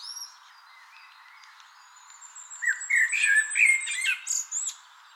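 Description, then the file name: Common blackbird: a faint high note, then quiet, then a loud burst of squeaky, rising chirps lasting about two seconds. "Turdus merula"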